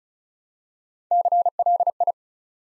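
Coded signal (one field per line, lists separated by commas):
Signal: Morse code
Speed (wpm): 36 wpm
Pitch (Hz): 700 Hz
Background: none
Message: CLI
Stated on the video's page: Morse code practice at 35 wpm: 4-letter words built up one letter at a time, for instant character recognition training.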